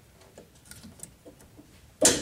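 An HID xenon bulb is handled while being fitted into the headlight housing of a 1992–2002 Honda Civic, with faint light ticks around 0.7 s and 1.0 s. A loud, broad noise burst then starts at about 2.0 s and runs to the end. Nothing has seated or clicked yet.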